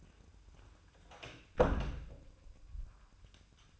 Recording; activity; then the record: daily activity, microphone in the room; close door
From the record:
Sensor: 2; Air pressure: 1004.7 hPa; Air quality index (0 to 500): 74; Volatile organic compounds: 1 ppm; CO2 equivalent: 876 ppm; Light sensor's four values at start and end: 7/17/7/7 and 7/16/7/7